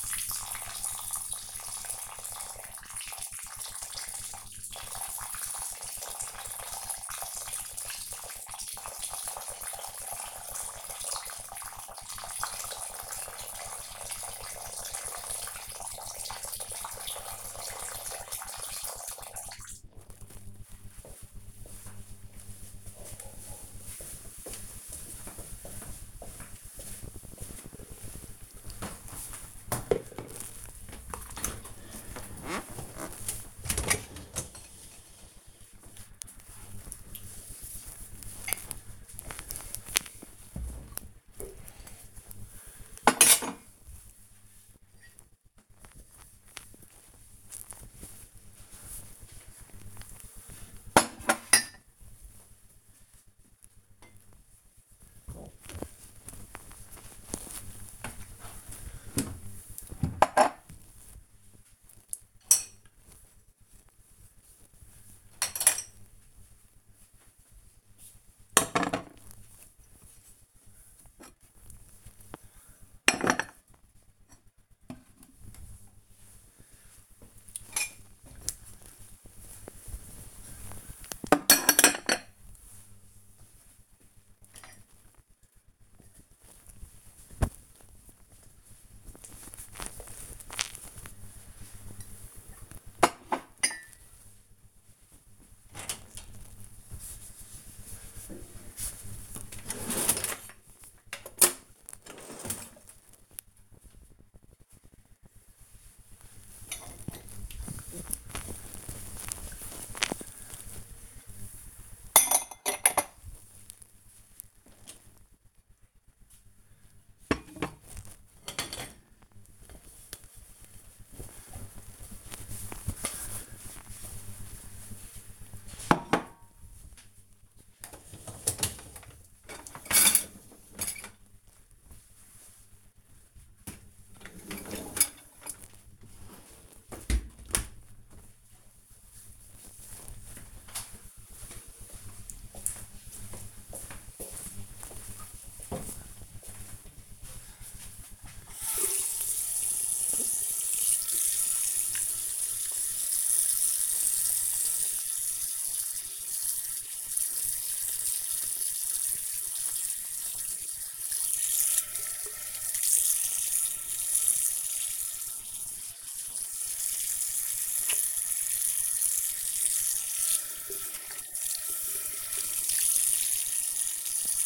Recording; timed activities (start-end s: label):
household activities, microphone on the right wrist
0.00-20.19 s: watering plant
30.24-136.72 s: cleaning out the dishwasher
147.80-174.46 s: washing hands